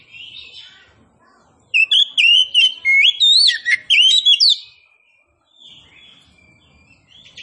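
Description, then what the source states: Oriental magpie-robin song: a loud run of varied whistles and sweeping slurred notes lasting about three seconds, with faint chirping before and after. Local name kacer poci; described as gacor, singing actively.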